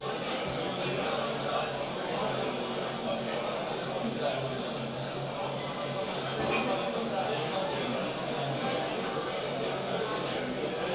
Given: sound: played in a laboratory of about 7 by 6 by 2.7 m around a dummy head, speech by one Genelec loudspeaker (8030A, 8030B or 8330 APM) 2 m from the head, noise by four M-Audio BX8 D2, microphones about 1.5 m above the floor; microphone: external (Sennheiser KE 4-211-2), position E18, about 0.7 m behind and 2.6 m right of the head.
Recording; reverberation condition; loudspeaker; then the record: cafeteria noise; medium; four, about 170 cm from the corners of the room and facing them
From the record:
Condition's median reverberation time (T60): about 510 ms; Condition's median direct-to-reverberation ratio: about -0.5 dB